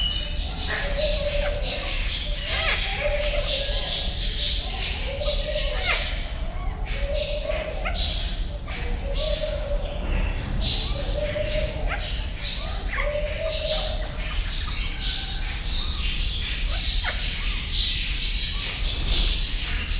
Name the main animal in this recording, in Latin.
Basilornis celebensis